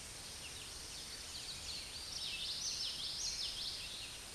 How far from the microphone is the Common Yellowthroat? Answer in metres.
about 30 m